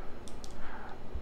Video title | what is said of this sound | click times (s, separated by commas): Is this the BEST ACTION CAMERA? My new vlogging setup - DJI Osmo Action | दोनों lock हो गया। | 0.3 s, 0.4 s